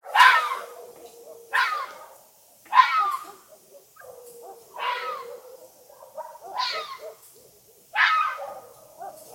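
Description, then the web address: Fox calling, harsh raspy screaming barks repeated every one to two seconds, each a noisy burst with fainter lower rasping sounds between. "animals fox fox"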